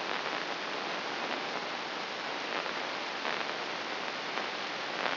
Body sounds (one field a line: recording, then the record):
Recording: brain microelectrode recording played as sound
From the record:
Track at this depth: inside the subthalamic nucleus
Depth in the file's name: 4.938 mm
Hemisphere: right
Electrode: 2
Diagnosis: Parkinson's disease